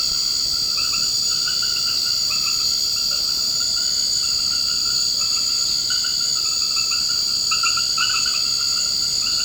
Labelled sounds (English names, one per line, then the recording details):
none
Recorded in secondary vegetation near Puerto Asís, Putumayo, Colombia, on 21 March 2025 at 20:30
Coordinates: 0.488, -76.319
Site G095